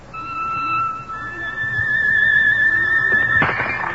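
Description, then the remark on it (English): A steady, piercing high violin note, bowed at the same pitch as a champagne glass placed on a mantelpiece, holds for about three seconds, then a sudden bright burst of the champagne glass shattering cuts it off near the end. “Now, I draw my bow across the violin strings at the same pitch as the champagne glass.”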